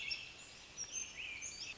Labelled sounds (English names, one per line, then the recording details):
American Robin
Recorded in Sonoma County, California